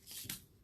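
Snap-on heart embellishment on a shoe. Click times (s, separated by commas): 0.3 s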